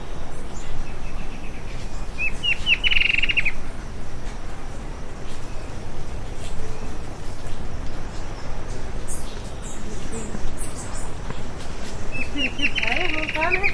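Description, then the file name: Bird giving a rapid trill of high notes twice, once early and once near the end, against heavy low rumbling noise. "SABIOD 50 bird 2015"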